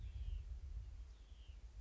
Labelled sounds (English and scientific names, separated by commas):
Hutton's Vireo (Vireo huttoni)